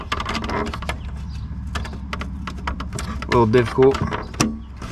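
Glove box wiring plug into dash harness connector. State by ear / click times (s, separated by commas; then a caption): seated / 4.4 s. While refitting the glove box during a dash install in a 1997–2004 C5 Corvette, a glove box wiring plug is pushed into its mating dash harness connector as someone talks. After several handling taps, a sharp snap at 4.4 s confirms the plug is seated.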